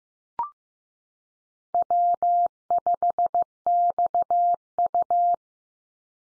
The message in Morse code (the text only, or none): W5XU